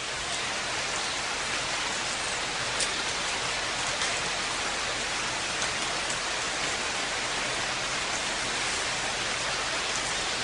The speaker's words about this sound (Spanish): realmente lo del infierno verde no es casualidad, un infierno en el que cae mucha agua. Así suena una lluvia amazónica.